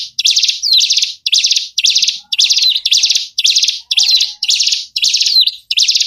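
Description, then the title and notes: Bird chatter in dense, high buzzy bursts of about half a second, repeating almost twice a second, with faint low whistles underneath. Lure sounds to attract wary, stubborn birds that are hard to approach. "Suara Burung Bandel Yang Susah Mendekati. Kompilasi Suara Pikat Burung"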